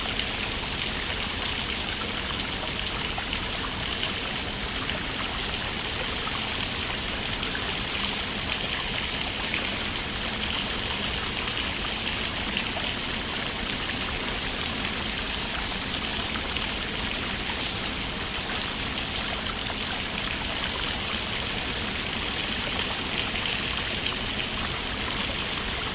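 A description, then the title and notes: An outdoor shower runs without pause, a dense, even hiss of falling water with a bright spattering edge and a softer low rush beneath. The sound holds steady from start to finish, with no breaks or other noises standing out. Outdoor Shower Water Sounds.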